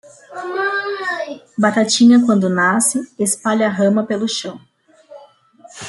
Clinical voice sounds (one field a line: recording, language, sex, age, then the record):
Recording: short text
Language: Brazilian Portuguese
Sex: female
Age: 30 to 39 years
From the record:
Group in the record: control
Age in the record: 30 years